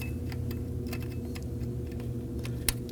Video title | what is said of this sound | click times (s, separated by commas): How to Replace High Pressure Fuel Pump 2016-2020 Kia Sorento 2.4L L4 | If you don't hear a click, you simply give it a a light tug to make sure that it's set. | 2.7 s